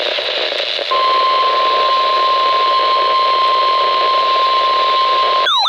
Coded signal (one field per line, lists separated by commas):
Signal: Emergency Alert System (SAME) tones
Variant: 1050 Hz attention tone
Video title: Severe Thunderstorm Warning - 08/11/21 (EAS #2,390)